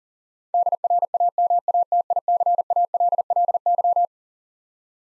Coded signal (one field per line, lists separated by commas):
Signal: Morse code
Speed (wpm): 40 wpm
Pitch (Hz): 700 Hz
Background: none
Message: DRAMATICALLY